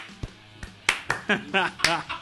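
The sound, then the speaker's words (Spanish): A few slow, unevenly spaced hand claps, a "sad applause" that fades out, about six or seven sharp smacks over two seconds. Some murmured vocal sounds blend in toward the end. “Un aplauso de aquellos aplausos. El aplauso triste.”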